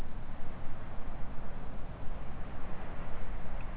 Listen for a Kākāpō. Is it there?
no